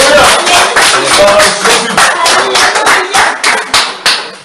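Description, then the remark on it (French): A crowd applauds with dense, loud clapping that holds steady, then thins toward the end as a few sharper individual claps stand out. “Applaudissez.”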